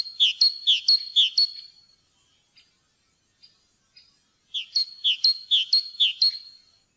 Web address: fuglelyder kjoettmeis